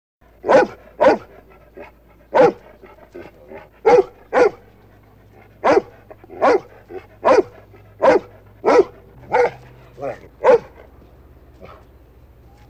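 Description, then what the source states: Dog barking in sharp single and paired barks, many throughout, with a faint low hum underneath. Large dog barking with light snarling.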